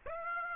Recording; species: mosquito wingbeat signal from an infrared sensor; Aedes aegypti